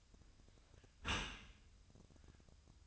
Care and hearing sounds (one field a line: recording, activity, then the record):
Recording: daily activity, microphone in the room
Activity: close dishwasher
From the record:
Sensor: 2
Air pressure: 1004.5 hPa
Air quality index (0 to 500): 113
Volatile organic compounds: 3 ppm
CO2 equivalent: 1366 ppm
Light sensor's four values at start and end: 6/15/6/6 and 6/15/6/6